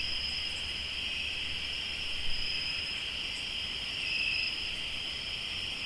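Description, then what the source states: Crickets give a constant shrill chirping chorus, clean and even, with only faint low background hum. Crickets in Tlayacapan, Morelos.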